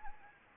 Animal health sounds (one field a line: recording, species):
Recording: mosquito wingbeat signal from an infrared sensor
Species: Anopheles gambiae